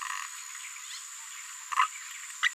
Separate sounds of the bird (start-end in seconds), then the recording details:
1.71-1.87, 2.42-2.53. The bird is a female. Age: 26 days. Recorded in a nest box in Venezuela. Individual 17B73B3